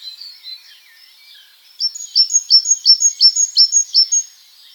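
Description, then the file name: Great tit song: a few soft notes, then one clear strophe of several sharp, evenly repeated high phrases lasting about two seconds. "Parus major"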